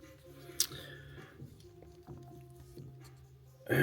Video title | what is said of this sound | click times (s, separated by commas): Masters Of The Universe Cartoon Collection Catra Faker & Leech Review! @actionfigures MOTU | it's on there but it didn't snap real well | 0.6 s